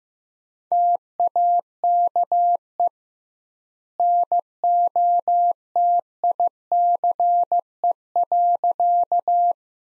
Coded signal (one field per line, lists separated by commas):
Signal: Morse code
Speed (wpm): 16 wpm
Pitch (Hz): 700 Hz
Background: none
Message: TAKE NOTICE.